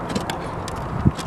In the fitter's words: start to hear it click and